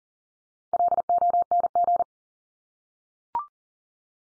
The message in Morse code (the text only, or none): LONG